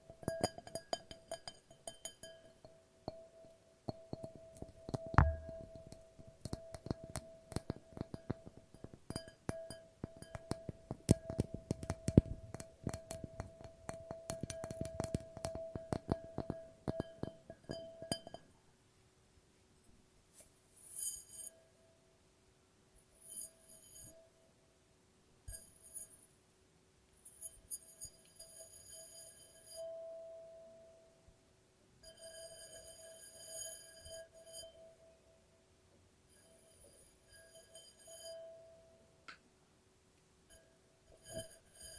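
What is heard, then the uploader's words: Glass is tapped and made to ring. For the first eighteen seconds a steady mid-pitched tone rings under dense, rapid tapping. After that a lower tone sustains quietly while bright clinks come in sparser bursts every few seconds to the end. ASMR No Talking Glass Tapping and Ringing Sounds.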